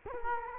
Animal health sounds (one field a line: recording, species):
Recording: mosquito wingbeat signal from an infrared sensor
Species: Culex quinquefasciatus